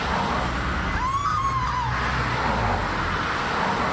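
Steady city street traffic with a constant low rumble of engines and road noise, a brief rising-falling siren-like tone sweeping through early on, no voices.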